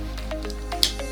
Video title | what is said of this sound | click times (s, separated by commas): Nicks Collectables! - Masterpiece 47 Hound | and you'll feel it click in place just like that. | 0.8 s